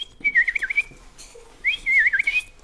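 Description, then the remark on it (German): A person whistles an imitation of a bullfinch call: two warbling, wavering phrases with a short pause between them, clear and fairly loud. “Der Dumpfaff pfeift so.”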